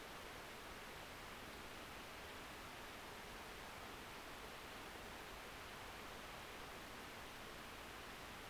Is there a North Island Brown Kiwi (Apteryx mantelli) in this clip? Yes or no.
no